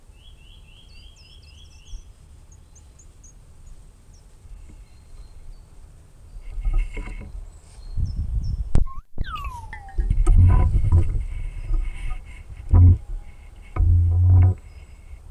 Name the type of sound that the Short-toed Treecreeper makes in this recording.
call